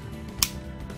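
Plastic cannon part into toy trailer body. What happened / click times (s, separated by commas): The plastic part snapped into place / 0.4 s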